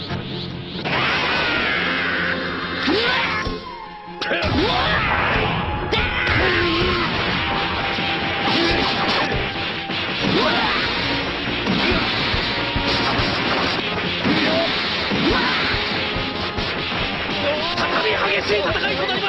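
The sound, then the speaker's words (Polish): A rapid, chaotic flurry of loud smacks, crashes and whooshing blows, with shouts and grunts mixed in, continuing almost without pause over a dense, noisy background, as Komurczak furiously attacks and a nameless warrior strikes back in a Dragon Ball Kai fight. “Komurczak wściekle atakuje, a bezimienny wojownik oddaje ciosy.”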